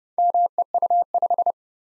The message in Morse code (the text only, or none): MEU5